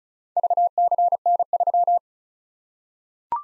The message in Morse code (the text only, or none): VCN3